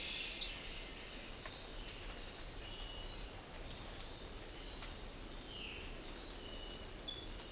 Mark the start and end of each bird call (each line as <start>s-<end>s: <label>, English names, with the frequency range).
5.36s-6.00s: Violaceous Jay (1.8-3.5 kHz)